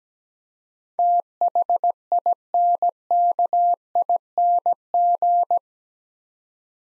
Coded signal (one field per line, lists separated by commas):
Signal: Morse code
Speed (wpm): 17 wpm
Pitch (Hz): 700 Hz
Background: none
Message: THINKING